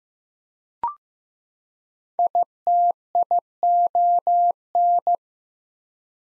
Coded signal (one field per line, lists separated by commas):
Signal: Morse code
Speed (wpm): 15 wpm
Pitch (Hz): 700 Hz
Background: none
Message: ITION